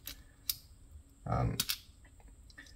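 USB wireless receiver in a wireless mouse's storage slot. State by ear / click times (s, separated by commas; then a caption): released / 0.1 s, 0.5 s. The button on a Microsoft wireless mouse's spring-loaded storage slot is pressed, and the USB wireless receiver clicks free at about 0.1 s and 0.5 s. Spring tension then pushes it out, and someone talks. The receiver is released and pops out of the mouse slot.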